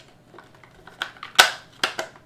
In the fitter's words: we go that is clicked into place